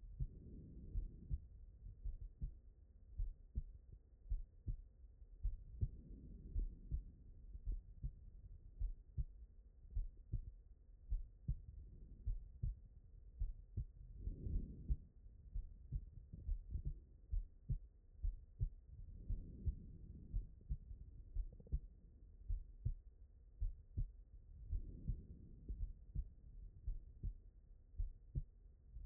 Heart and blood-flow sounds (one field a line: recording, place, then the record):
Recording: heart sounds by stethoscope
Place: pulmonary valve (PV)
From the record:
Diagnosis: non-HFrEF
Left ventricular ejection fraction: 58%